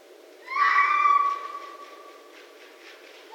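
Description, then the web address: Red fox scream: one loud, hoarse, drawn-out cry rising sharply at its start, with strong harmonics, holding for over a second before trailing away into quiet. Recorded 6 January 2012. "Red Fox 2012 01 06 Red Fox"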